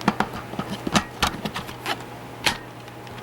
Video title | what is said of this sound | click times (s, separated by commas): The Force Awakens Tie Fighter & TRU Tie Fighter | it clicks that's good clicking sound you want to hear when you put the wings on | 2.5 s